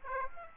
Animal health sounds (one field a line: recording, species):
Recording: mosquito wingbeat signal from an infrared sensor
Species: Aedes aegypti